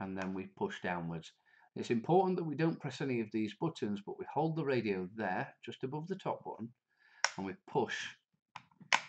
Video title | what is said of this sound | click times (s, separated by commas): Motorola DP4400e Basic Programming Guide | down like that as you can see it clicks into place and then we just twist this | 8.9 s